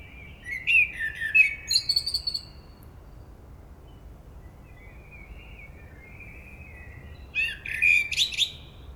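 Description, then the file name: Common blackbird song phrases: rich low whistles rising into a scratchy high flourish, a long gap with soft warbling, then another phrase with a squeaky ending. "Turdus merula"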